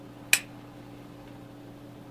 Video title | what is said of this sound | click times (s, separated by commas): Tutorial - Spring Fitting for the Tokyo Marui AEP USP - Part 5 | clicks into place there | 0.3 s